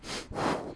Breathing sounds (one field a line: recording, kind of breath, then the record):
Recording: one breath in and out by a microphone near the nose and mouth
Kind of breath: strong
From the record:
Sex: male